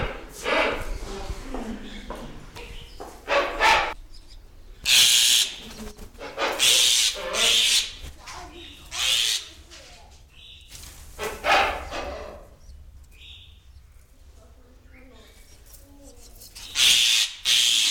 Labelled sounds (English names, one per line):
Black-winged Starling